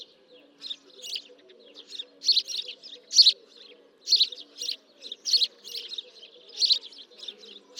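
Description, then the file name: House sparrows giving loud chirps in uneven clusters, roughly one burst a second, with a faint low drone underneath. "Passer domesticus"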